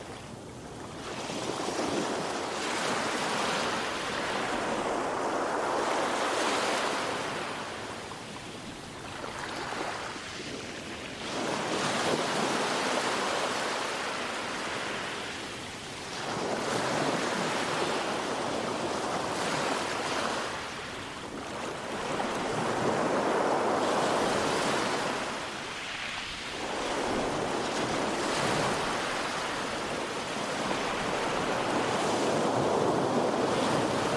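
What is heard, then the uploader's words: Ocean surf rolls in continuously, a dense wash of hiss and rumble that swells and eases every few seconds as waves break, with dips around 10, 16 and 26 seconds. The sound is full, with wind gusting over the microphone throughout. Ocean Sounds.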